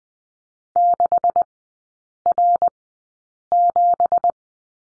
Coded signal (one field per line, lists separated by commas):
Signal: Morse code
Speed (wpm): 20 wpm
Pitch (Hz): 700 Hz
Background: none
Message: 6R7